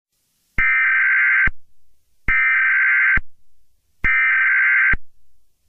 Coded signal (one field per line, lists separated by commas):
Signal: Emergency Alert System (SAME) tones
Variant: header bursts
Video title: EAS SCENARIO 5| CyberAttack On Electrical Grids